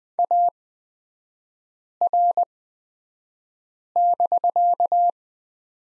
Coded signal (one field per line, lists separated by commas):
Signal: Morse code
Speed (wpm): 20 wpm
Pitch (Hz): 700 Hz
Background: none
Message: AR<BK>